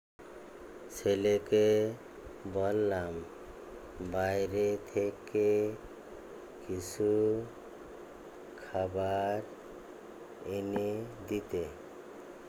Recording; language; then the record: elicited speech; Bengali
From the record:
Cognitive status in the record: dementia